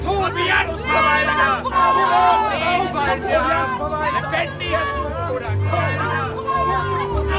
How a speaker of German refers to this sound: Renzo befindet sich mitten im größten Getümmel.